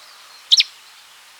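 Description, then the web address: Cetti's warbler calls: a quick pair of sharp, clipped notes, then another abrupt note just starting at the end. "Cettis Warbler Song and Calls"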